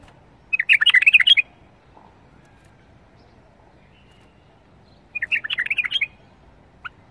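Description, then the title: Bulbul song: two rich, rapid warbled phrases of under a second each, separated by about four seconds of quiet. "اجمل تغريد بلبل بدون اخطاء بلبل طور"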